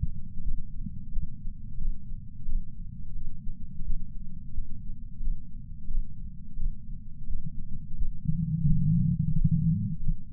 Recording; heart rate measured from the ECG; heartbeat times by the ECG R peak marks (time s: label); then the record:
heart sounds by patch sensor on the chest; 88 bpm
0.43 s: heartbeat
1.12 s: heartbeat
1.79 s: heartbeat
2.47 s: heartbeat
3.15 s: heartbeat
3.85 s: heartbeat
4.54 s: heartbeat
5.22 s: heartbeat
5.89 s: heartbeat
6.57 s: heartbeat
7.28 s: heartbeat
7.97 s: heartbeat
8.66 s: heartbeat
9.33 s: heartbeat
10.01 s: heartbeat
From the record:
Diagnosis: coronary artery disease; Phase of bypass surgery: postoperative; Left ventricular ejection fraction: 65.4%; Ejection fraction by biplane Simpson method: 64.8%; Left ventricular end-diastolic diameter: 41 mm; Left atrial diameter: 37 mm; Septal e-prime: 8.8 cm/s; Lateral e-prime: 8.1 cm/s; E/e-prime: 9.9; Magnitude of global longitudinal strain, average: 18.9%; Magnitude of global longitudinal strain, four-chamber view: 23.8%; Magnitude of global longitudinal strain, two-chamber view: 17.7%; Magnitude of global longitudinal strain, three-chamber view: 15.3%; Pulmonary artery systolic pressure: 36 mmHg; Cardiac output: 4.4 L/min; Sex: male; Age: 76 years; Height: 165 cm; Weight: 79 kg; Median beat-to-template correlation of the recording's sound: 0.64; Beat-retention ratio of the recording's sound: 0.99